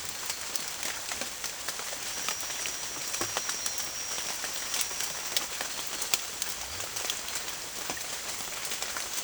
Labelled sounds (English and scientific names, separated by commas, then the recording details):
none
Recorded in secondary vegetation near Puerto Asís, Putumayo, Colombia, on 27 June 2025
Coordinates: 0.488, -76.319
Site G094